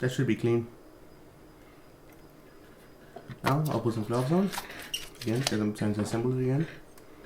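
Someone talks while handling a plastic light diffuser for the instrument cluster of a Skoda Octavia Mk2 (facelift), about to press it onto the gauge cluster circuit board after an LED replacement. Only a few faint handling taps are heard between the speech. Nothing has seated or clicked yet.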